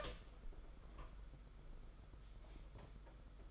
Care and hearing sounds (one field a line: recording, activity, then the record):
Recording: daily activity, microphone in the room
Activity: open door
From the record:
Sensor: 5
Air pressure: 991.7 hPa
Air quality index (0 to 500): 134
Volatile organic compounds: 84 ppm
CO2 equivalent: 3642 ppm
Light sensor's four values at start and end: 36/117/44/47 and 36/118/44/47